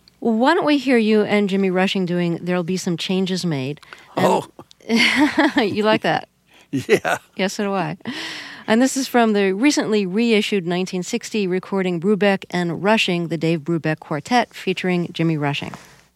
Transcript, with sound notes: why don't we hear you and Jimmy Rushing doing "There'll Be Some Changes Made." And...
Oh.
(Laughter) You like that?
Yeah.
Yeah, so do I. And this is from the recently re-issued 1960 recording "Brubeck & Rushing," the Dave Brubeck Quartet featuring Jimmy Rushing.